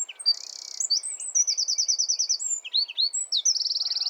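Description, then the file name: Eurasian wren singing a fast, shrill stream of sharp notes broken by several rattling trills, the whole phrase continuous and very high-pitched. "Troglodytes troglodytes"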